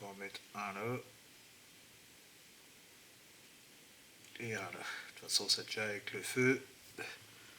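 A plastic part of a Tamiya 1/12 scale Yamaha YZF-R1M motorcycle model kit is handled near its mount in the assembly, with someone talking at the start and again from about 4.3 seconds, separated by a quiet stretch. Nothing has seated or clicked yet; the part is not home when the clip ends.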